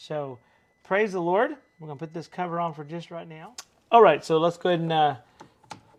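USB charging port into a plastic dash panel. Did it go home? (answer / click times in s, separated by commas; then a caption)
yes / 5.7 s. Someone talks while a dual USB charging port module is pushed through its hole in a plastic dash panel of a RZR 900, a tight fit that pops in. A few small clicks follow, with the port clipping and seating at about 5.7 s.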